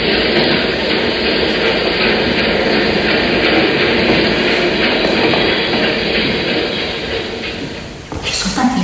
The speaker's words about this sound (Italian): Le trascinano via e il treno riparte.